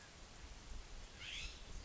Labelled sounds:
California Scrub-Jay (Aphelocoma californica)

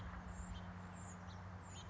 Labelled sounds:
House Finch (Haemorhous mexicanus)

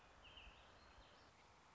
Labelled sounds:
American Robin (Turdus migratorius)

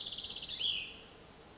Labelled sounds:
Cassin's Vireo (Vireo cassinii)

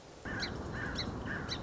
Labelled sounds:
Song Sparrow (Melospiza melodia)

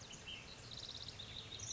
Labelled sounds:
Ash-throated Flycatcher (Myiarchus cinerascens)

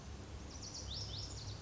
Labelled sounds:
Lazuli Bunting (Passerina amoena)

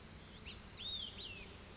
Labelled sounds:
Olive-sided Flycatcher (Contopus cooperi)

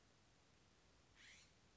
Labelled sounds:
California Scrub-Jay (Aphelocoma californica)

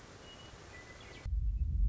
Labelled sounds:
Western Meadowlark (Sturnella neglecta)

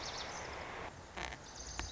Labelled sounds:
Lazuli Bunting (Passerina amoena)

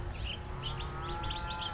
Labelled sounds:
House Finch (Haemorhous mexicanus)

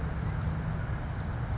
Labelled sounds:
California Towhee (Melozone crissalis)

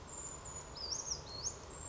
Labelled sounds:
Brown Creeper (Certhia americana)

